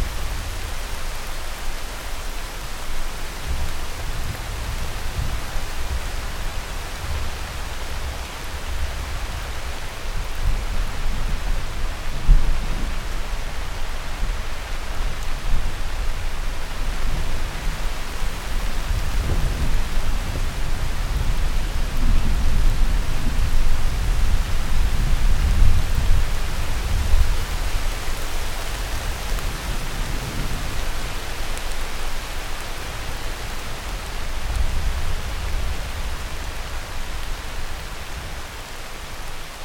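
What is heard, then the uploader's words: Rain falls steadily and densely, a constant even hiss that fills the scene without letup. Deep thunder rumbles roll underneath, swelling around twelve seconds and again through the middle and near the end, low rather than sharp cracks. JUNGLE OVERNIGHT • Dynamic Rain & Thunder Rumble.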